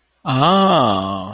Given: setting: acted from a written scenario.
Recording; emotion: vocal sound without words; interest